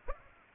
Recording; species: mosquito wingbeat signal from an infrared sensor; Aedes aegypti